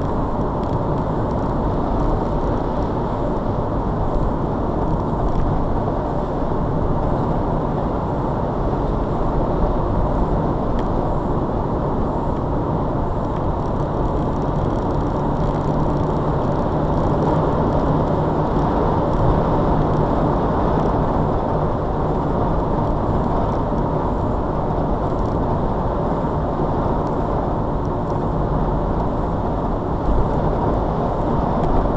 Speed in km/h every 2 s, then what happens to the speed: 85, 84, 79, 76, 81, 81, 81, 84, 87, 89, 89, 85, 82, 84, 82, 82.
3-5 brakes to 76. 5-17 speeds up to 89. 17-32 steady at about 84.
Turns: none.